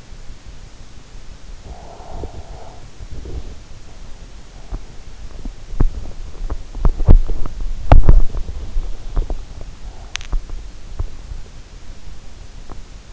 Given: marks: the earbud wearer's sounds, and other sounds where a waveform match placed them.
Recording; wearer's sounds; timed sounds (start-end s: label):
sounds in sleep by an in-ear microphone; breath, teeth grinding
1.47-3.65 s: breath
4.50-13.13 s: teeth grinding